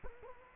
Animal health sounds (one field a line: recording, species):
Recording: mosquito wingbeat signal from an infrared sensor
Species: Culex quinquefasciatus